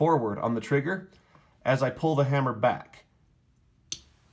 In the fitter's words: You hear that click? That's the half cock position.